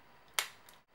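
A tight-fitting plastic LED cover, the light pipe over the LEDs including the infrared LEDs, is pushed into the plastic housing of an Xbox One controller. A sharp snap at 0.4 s shows it seating, followed by a much fainter tick around 0.7 s before quiet returns. The cover is fully seated in the shell.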